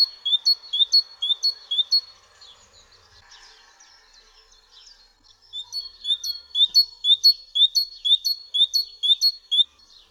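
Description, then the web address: Great tit singing a clear, two-note see-saw phrase about twice a second, a short run, then a pause, then a longer run. "Przyroda Ptaki -Sikora bogatka"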